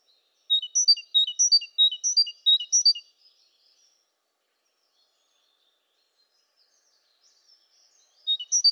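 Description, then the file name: Great tit giving a quick run of high, thin chirps, then silence before a new burst begins. "Parus major"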